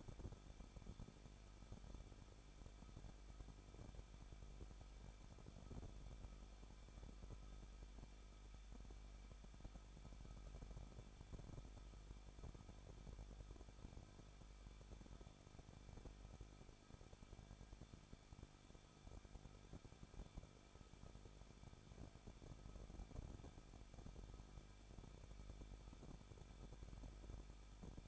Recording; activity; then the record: daily activity, microphone in the room; no activity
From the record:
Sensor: 5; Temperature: 20.9 degrees Celsius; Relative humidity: 38.2%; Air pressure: 1006.4 hPa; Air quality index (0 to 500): 187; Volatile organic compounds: 18 ppm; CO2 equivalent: 2629 ppm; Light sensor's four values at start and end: 2/3/1/1 and 2/3/1/1